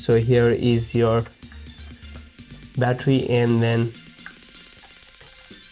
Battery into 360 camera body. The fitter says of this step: it locks into place so there is like double locks so if you press it it's going to click in place and